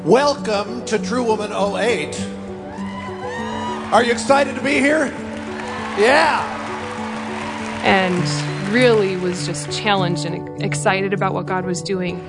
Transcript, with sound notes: Welcome to True Woman ’08! Are you excited to be here? Yeah!! (cheers and applause)
I really was just challenged and excited about what God was doing!